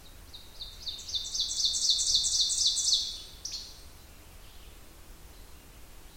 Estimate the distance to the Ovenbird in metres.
about 25 m